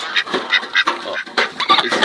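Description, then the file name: Pekin duck quacking, a rapid series of harsh nasal calls. "canto do pato de pequim"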